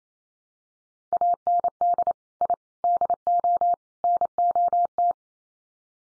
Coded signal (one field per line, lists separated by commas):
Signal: Morse code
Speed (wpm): 28 wpm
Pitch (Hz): 700 Hz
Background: none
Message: AND I DO NOT